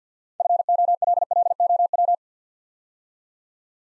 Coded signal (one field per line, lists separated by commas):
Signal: Morse code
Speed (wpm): 49 wpm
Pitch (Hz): 700 Hz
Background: none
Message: FOLLOW